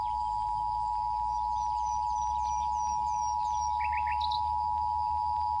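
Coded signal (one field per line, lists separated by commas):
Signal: Emergency Alert System (SAME) tones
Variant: 853 and 960 Hz attention tone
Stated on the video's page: A fictional EAS scenario, made with text-to-speech.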